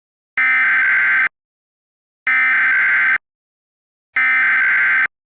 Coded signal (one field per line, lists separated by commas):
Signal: Emergency Alert System (SAME) tones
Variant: header bursts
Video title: EAS scenario: Countryballs